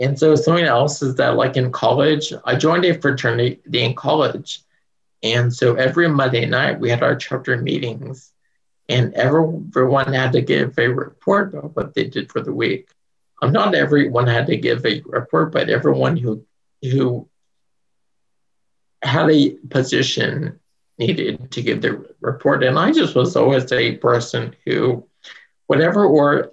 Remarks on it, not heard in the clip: I did stutter. I had blocks, I had repetitions.